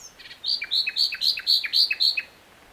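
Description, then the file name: Common nightingale song: a quick sequence of about seven loud, whistled notes, each with a short lower tick, delivered in a steady rhythm. "Luscinia megarhynchos"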